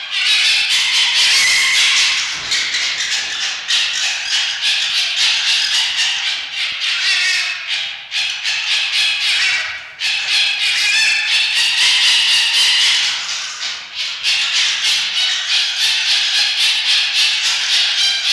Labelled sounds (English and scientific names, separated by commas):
Red Fox (Vulpes vulpes)